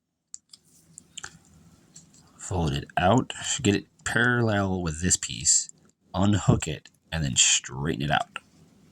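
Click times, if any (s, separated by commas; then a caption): none. The knee joint of a plastic transforming robot action figure is being handled while its leg is worked toward a straightened position. Small sharp clicks and taps come early in the clip, and then someone talks. Nothing has seated or clicked into place yet.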